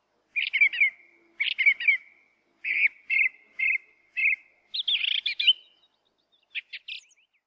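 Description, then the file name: Song thrush song with repeated short chirping notes delivered in quick clusters, several phrases in a row, ending with a burst of higher rapid notes and a few sharp clicks. "Singdrossel"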